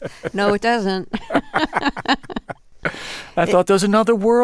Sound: laughter

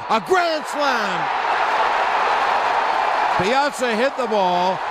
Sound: applause

